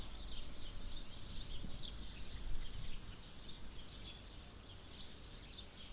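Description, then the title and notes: Birds chirping in a busy, overlapping chorus of short high notes, backed by a steady low rumble. Birds nesting in trees on both sides of a path up to the church in Sete Cidades, Azores. "Atonal church bells, Sete Cidades. The church bells in Sete Cidades in the Azores ring out. birds nesting in the trees either side of a path leading up to the church provide a more melodious accompaniment. Recorded by Cities and Memory"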